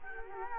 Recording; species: mosquito wingbeat signal from an infrared sensor; Culex quinquefasciatus